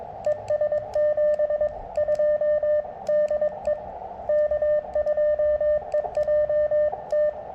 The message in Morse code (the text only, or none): ES 72 DE K2EJT